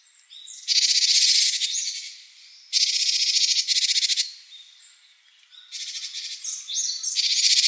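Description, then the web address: Great tit repeating loud, rasping churr calls in several long rattling bursts, with softer buzzy notes and faint chirps between them. "birdenaga Great Tit"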